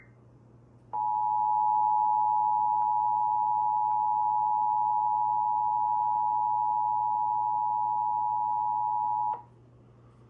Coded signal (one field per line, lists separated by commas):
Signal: Emergency Alert System (SAME) tones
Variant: 853 and 960 Hz attention tone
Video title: EAS: New Jersey RMT (2/17/2026)